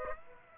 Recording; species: mosquito wingbeat signal from an infrared sensor; Aedes aegypti